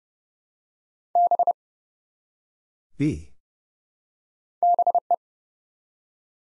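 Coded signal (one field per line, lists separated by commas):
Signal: Morse code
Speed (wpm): 30 wpm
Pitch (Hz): 700 Hz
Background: none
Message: B BE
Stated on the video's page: Morse practice at 30 wpm, building four-letter words one letter at a time for instant character recognition.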